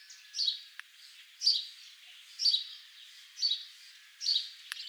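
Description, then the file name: House sparrow chirps repeated about once a second, with two brief clicks in between. "Passer domesticus"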